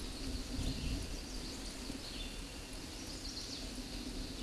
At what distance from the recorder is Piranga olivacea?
about 25 m